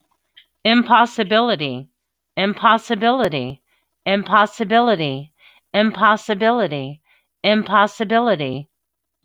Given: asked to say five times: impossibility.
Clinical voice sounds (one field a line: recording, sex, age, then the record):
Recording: repeated word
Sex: female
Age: 40 to 49 years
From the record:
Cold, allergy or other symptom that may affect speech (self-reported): no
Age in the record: 45 years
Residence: Tennessee, United States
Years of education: 15